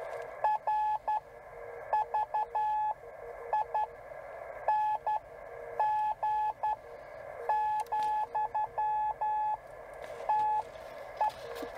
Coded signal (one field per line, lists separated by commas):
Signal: Morse code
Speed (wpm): 11 wpm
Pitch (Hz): 850 Hz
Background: radio noise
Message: RVING, TE